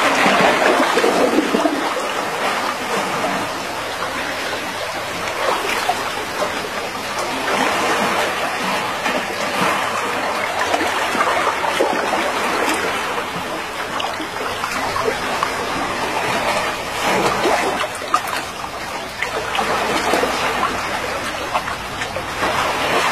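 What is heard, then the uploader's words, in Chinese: Waves wash in a steady, dense roar of churning water with no clear gaps between them. The sound is bright and hissing, swelling gently every few seconds, with a slightly stronger surge near eighteen seconds. There is nothing else in the background. 大自然的声音：帮助入睡的浪潮。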